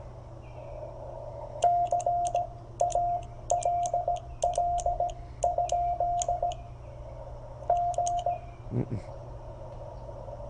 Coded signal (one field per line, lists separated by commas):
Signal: Morse code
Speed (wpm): 17 wpm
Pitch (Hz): 700 Hz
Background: none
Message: CALL? G